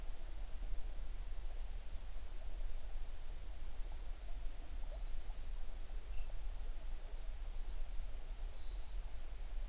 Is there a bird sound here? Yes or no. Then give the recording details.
yes. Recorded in the Prudhoe Bay oil fields, Alaska, on 11 June 2019 at 05:34. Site 21